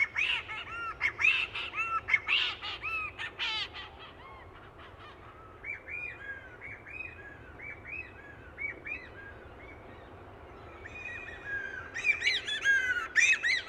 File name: Boyds Shearwater